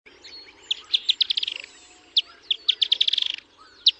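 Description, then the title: Firewood-gatherer calling: quick series of sharp, high notes that run together into rattling strings. "LuckyPassaro Completos2Sama. Firewood-gatherer (Anumbius annumbi)"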